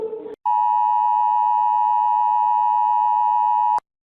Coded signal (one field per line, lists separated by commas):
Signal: Emergency Alert System (SAME) tones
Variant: 853 and 960 Hz attention tone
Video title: (2K SUBS SPECIAL) Rating EAS alarms from all around the world